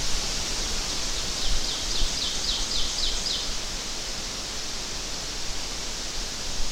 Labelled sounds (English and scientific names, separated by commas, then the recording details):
Ovenbird (Seiurus aurocapilla) song
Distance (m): 45 m
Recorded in boreal forest in Alberta, Canada, on 12 June 2016 at 06:14
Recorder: SongMeter 3, array SBT-3-18
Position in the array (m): 68 m, 311 m
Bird 32